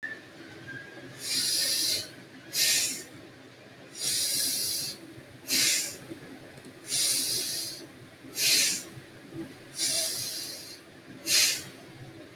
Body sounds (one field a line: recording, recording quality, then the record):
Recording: deep breathing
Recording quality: excellent, no background noise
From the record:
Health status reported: healthy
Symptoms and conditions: none ticked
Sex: female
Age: 22 years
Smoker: not ticked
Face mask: not worn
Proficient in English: yes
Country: India